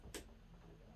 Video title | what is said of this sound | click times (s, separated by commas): How To Set Up a Harvest Right Freeze Dryer - SO EASY While Following the User's Manual | very soft click there i hope you heard that | 0.1 s